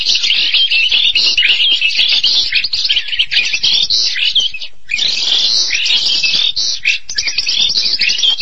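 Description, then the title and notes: Starling song, continuous scratchy chatter and whistles, briefly dropping away near the middle before resuming just as busily. "suara burung jalak"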